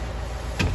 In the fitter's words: give it that little turn, and it clicks into place.